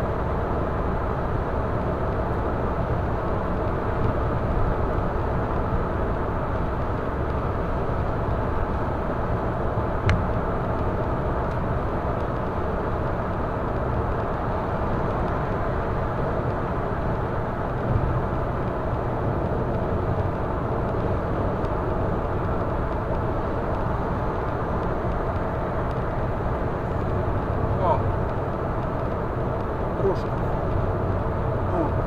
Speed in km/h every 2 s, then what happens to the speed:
122, 122, 122, 122, 122, 122, 121, 120, 118, 116, 116, 116, 116, 117, 116, 117.
0-32 steady at about 118.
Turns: none.